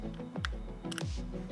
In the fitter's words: heard the click